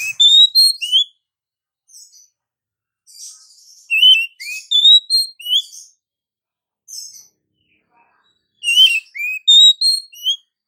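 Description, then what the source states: Oriental magpie-robin with bright, high whistled notes and rising slurs in short clustered bursts, separated by brief silences and some softer scratchy notes. Female; therapy sound to prompt singing.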